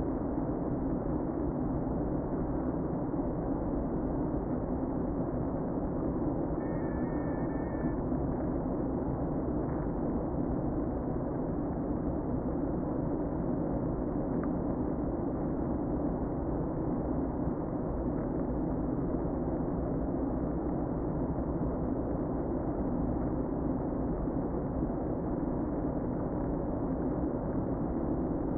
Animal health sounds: honeybee colony, microphone inside the hive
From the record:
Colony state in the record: queen present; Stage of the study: before two queens were removed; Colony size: about 60,000 bees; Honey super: yes

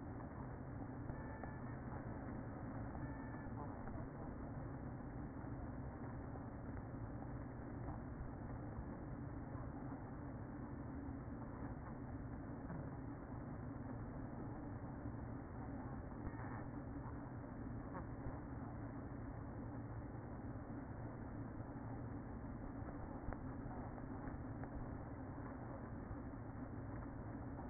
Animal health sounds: honeybee colony, microphone inside the hive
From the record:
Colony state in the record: queen present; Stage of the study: after two queens were removed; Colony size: about 60,000 bees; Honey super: yes

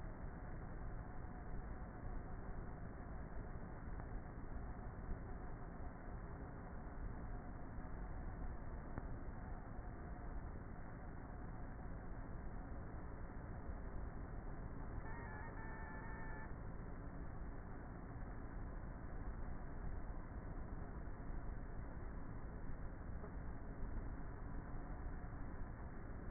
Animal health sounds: honeybee colony, microphone inside the hive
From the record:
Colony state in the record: queenless with a low population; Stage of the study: before two queens were removed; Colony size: about 30,000 bees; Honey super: no

